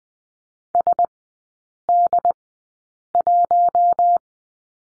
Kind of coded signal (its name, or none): Morse code